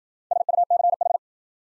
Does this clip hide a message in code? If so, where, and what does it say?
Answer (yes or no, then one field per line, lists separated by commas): yes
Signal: Morse code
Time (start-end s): 0.3-1.2 s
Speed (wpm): 53 wpm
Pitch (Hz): 700 Hz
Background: none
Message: SUCH